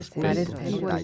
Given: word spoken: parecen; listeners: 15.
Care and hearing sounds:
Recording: one Spanish word in noise, from a listening test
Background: four-talker babble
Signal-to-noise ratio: -1.8 dB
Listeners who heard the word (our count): 0 of 15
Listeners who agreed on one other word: 11 of 15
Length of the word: 0.64 s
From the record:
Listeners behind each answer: 11, 2, 1, 1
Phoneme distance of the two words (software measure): 7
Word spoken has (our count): 3 syllables, 7 phonemes, stress on syllable 2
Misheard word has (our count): 3 syllables, 6 phonemes, stress on syllable 2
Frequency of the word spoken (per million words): 61.25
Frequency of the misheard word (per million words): 357.59

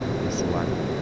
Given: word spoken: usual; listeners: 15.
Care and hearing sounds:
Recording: one Spanish word in noise, from a listening test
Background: speech-shaped noise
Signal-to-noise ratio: -4.3 dB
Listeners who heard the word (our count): 0 of 15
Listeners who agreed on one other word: 7 of 15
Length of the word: 0.62 s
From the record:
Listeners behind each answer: 7, 4, 1, 1, 1, 1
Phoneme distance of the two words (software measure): 24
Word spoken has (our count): 2 syllables, 5 phonemes, stress on syllable 2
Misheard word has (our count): 3 syllables, 7 phonemes, stress on syllable 2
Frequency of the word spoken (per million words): 7.12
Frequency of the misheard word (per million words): 22.77

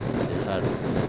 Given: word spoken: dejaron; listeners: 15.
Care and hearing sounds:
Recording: one Spanish word in noise, from a listening test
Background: noise modulated by three-talker babble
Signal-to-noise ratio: -5.4 dB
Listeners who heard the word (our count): 1 of 15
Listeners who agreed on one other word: 8 of 15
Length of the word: 0.69 s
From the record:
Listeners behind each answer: 8, 1, 1, 1, 1, 1, 1, 1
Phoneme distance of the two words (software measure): 14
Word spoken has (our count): 3 syllables, 7 phonemes, stress on syllable 2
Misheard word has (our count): 2 syllables, 5 phonemes, stress on syllable 2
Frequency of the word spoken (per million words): 31.45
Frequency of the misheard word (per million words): 147.47

